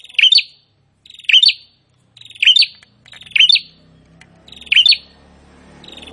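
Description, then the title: Prinia singing buzzy trills that end in sharp accented notes, repeated roughly once a second, with a low rumbling background noise building toward the end. Prinia singing actively (gacor). "Prenjak gacor"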